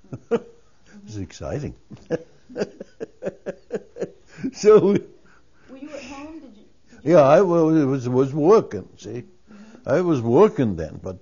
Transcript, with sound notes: It was exciting. So-- (He laughs.)
Were you at home? Did you--
I was working, see. I was working then.